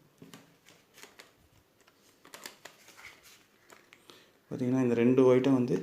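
An interchangeable lens is brought up to the bayonet mount of a Nikon D5300 DSLR camera body, with the lens's white mark lined up against the body's white mark before it is twisted to lock. Quiet handling taps and rubs are heard from about 0.3 s to 2.7 s, then someone talks from about 4.5 s to the end. Nothing has seated or clicked yet.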